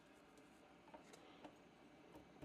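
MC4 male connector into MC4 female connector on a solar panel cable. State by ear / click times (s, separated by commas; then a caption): not seated / none. An MC4 male connector with a plastic housing is handled against its MC4 female mate on a solar panel cable, ready to be pushed together until they latch. Over a steady low hiss there are only small handling ticks and taps, the sharpest near 1.4 s, with a few faint bumps after it. Nothing has clicked or seated yet.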